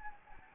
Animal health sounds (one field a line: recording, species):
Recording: mosquito wingbeat signal from an infrared sensor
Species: Anopheles gambiae